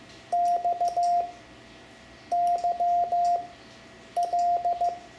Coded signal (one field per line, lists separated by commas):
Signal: Morse code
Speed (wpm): 15 wpm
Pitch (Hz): 700 Hz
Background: none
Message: XYL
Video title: Learning CW for Ham Radio (Lesson 7) Morse Code letters X-Z, Amateur Radio